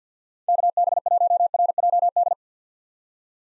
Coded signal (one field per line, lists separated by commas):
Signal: Morse code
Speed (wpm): 50 wpm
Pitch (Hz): 700 Hz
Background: none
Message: KB1RJD